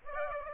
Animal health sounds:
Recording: mosquito wingbeat signal from an infrared sensor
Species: Aedes aegypti

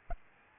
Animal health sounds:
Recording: mosquito wingbeat signal from an infrared sensor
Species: Aedes albopictus

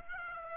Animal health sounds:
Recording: mosquito wingbeat signal from an infrared sensor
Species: Aedes aegypti

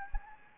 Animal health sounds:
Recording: mosquito wingbeat signal from an infrared sensor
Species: Anopheles gambiae

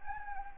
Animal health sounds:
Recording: mosquito wingbeat signal from an infrared sensor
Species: Anopheles gambiae

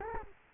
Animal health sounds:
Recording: mosquito wingbeat signal from an infrared sensor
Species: Culex quinquefasciatus

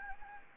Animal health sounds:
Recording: mosquito wingbeat signal from an infrared sensor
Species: Anopheles gambiae

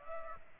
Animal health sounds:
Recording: mosquito wingbeat signal from an infrared sensor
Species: Culex pipiens

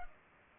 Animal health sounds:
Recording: mosquito wingbeat signal from an infrared sensor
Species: Culex pipiens

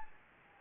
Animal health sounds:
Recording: mosquito wingbeat signal from an infrared sensor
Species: Anopheles gambiae

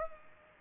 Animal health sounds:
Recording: mosquito wingbeat signal from an infrared sensor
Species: Culex pipiens

